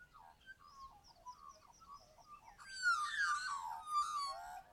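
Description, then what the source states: Australian magpie song: soft warbled notes at first, then a loud burst of harsh, rich, tumbling carolling phrases in the second half. Recorded early, at Tilba.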